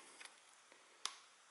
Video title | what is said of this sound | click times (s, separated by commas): Drone SG106 double camera et 22 min d'autonomie mais qualité 1080P très BOF | ça se déclipse très facilement aussi. | 1.0 s